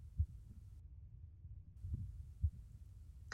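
Soft, low, muffled thumps of an adult's slow heartbeat heard close up over a steady low hum.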